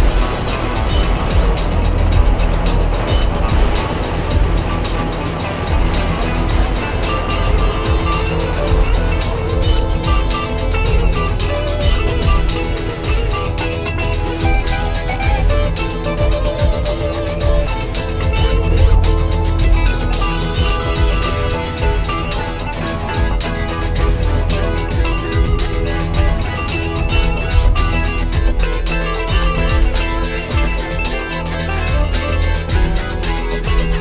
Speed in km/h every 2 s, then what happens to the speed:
61, 56, 42, 35, 19, 19, 19, 16, 13, 13, 5, 2, 2, 2, 0, 0, 2.
1-22 slows to 2. 22-34 standing.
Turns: none.